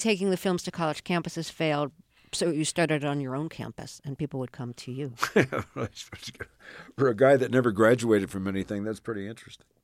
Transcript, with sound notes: Taking the films to college campuses failed, so you started on your own campus, and people would come to you.
(Laughter) For a guy that never graduated from anything, that's pretty interesting.